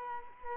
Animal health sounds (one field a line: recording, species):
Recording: mosquito wingbeat signal from an infrared sensor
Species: Culex quinquefasciatus